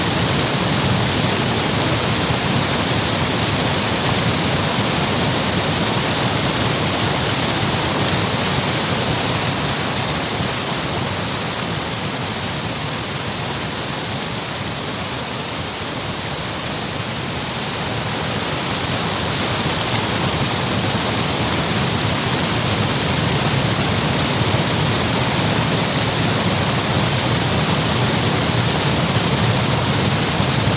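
Dense, steady rushing water fills the recording, a constant hiss with a low roar beneath that dips slightly softer midway before swelling back.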